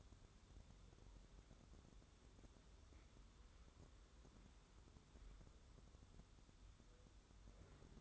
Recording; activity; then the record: daily activity, microphone in the room; wipe stove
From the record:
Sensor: 3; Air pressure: 1015.0 hPa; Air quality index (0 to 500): 75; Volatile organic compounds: 2 ppm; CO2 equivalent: 999 ppm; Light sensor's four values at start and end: 15/39/15/16 and 15/39/15/16